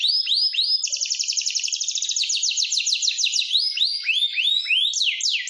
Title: Cengkok Kenari Mewah. KENARI GACOR, KENARI CENGKOK MEWAH, COCOK BUAT MASTERAN PLECI